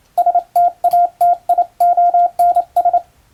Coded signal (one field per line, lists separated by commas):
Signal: Morse code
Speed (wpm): 28 wpm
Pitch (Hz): 700 Hz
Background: radio noise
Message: STATIONS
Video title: 昭和の通信方法、懐かしいモールス信号を打ってみた！暗号を使うようでカッコいいかな？欧文モールス符号を打ってみました！YouTubeの速度を調整して聴いてみよう morse code practice